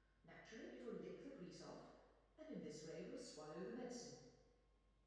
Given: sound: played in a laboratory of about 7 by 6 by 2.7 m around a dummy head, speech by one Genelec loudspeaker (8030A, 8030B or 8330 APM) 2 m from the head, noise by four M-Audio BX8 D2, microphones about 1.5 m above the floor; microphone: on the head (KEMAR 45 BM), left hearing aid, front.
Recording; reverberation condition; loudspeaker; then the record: female speech in English; high; 60 degrees to the right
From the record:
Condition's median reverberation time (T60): about 1300 ms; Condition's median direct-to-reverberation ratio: about -4.0 dB